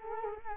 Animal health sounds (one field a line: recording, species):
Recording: mosquito wingbeat signal from an infrared sensor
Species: Culex quinquefasciatus